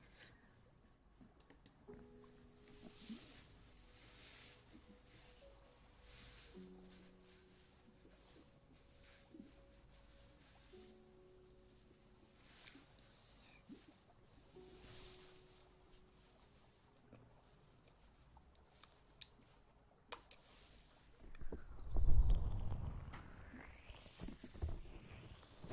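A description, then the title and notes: Ear massage: soft rubbing and scratchy brushing strokes come in quiet, irregular bursts over a faint low hum. Just past twenty seconds the rubbing swells into a louder, fuller stretch of friction with sweeping, squeaky shifts, then eases off. Ear Massage for Sleep and Tingling.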